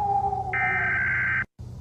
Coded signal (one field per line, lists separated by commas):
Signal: Emergency Alert System (SAME) tones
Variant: header bursts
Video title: lsreal EAS ALERT: Middile East cold war Scenerio! [FREE TO USE]